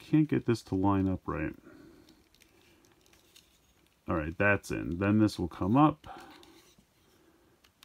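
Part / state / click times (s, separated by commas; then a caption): plastic toy robot section into its tab/peg seat on the figure / seated / 7.8 s. While someone talks, a plastic section of a transforming Transformers Shattered Glass Autobot Blaster & Rewind robot figure is handled with faint small ticks, then swung up into position. It clicks into its tab and peg seat on the figure with a sharp snap at 7.8 s, seated in place.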